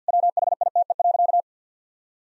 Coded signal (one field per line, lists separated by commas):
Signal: Morse code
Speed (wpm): 50 wpm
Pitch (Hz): 700 Hz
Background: none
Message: WHITE.